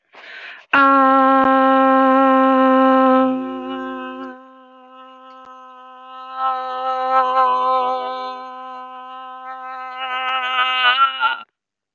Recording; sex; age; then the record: vowel held as long as possible; female; 30 to 39 years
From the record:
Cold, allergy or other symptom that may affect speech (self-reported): no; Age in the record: 37 years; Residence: Illinois, United States